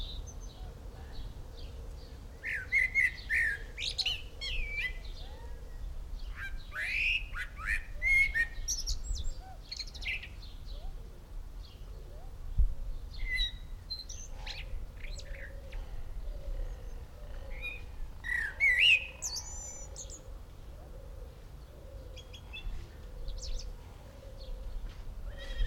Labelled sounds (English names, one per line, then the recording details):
Siamese Fireback call
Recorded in captivity
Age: adult
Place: Zoo Dresden, Sachsen, DE
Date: 1993-05-17
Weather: heiter, 25 °C
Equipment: Marantz CP 430, Sennheiser ME 80, Kopie Uher Variocord 263
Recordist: Tembrock, Günter